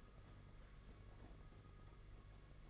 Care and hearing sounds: daily activity, microphone in the room; typing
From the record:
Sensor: 4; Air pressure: 992.6 hPa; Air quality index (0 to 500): 137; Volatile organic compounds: 62 ppm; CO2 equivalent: 3435 ppm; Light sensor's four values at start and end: 19/66/24/25 and 19/66/24/25

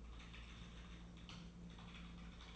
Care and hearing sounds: daily activity, microphone in the room; typing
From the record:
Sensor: 1

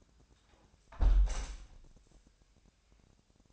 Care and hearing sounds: daily activity, microphone in the room; close window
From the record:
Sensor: 2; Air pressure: 1000.3 hPa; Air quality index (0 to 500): 125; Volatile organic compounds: 2 ppm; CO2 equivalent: 1047 ppm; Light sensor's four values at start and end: 11/31/12/14 and 11/31/12/14

